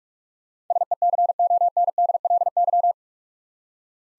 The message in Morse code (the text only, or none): SECONDLY